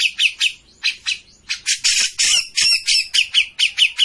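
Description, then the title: Grey-cheeked bulbul song: harsh chatter with squawks and short sweeping notes in quick succession, with brief gaps. Bird-training master recording of an actively singing (gacor) cucak jenggot. "Cucak Jenggot Gacor. Masteran burung cucak jenggot ! Suaka burung"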